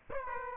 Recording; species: mosquito wingbeat signal from an infrared sensor; Aedes aegypti